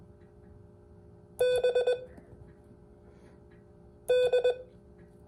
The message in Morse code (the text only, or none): B D